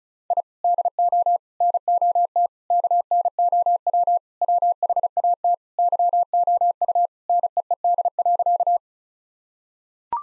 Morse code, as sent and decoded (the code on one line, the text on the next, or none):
.. / -.. --- / -. --- - / -.- -. --- .-- / .-- .... .- - / -.-- --- ..- / -. . . -.. .-.-.-
I DO NOT KNOW WHAT YOU NEED.